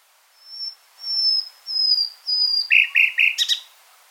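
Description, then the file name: Common nightingale song: a series of long pure whistled notes, then a burst of rapid repeated chattering notes and loud buzzy elements. "Luscinia megarhynchos"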